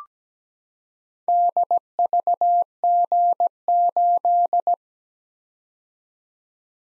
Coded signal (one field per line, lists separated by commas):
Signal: Morse code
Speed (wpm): 17 wpm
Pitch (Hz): 700 Hz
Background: none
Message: DVG8